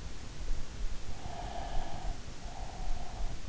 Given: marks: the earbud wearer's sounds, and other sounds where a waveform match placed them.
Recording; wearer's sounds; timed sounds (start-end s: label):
sounds in sleep by an in-ear microphone; breath
1.15-3.42 s: breath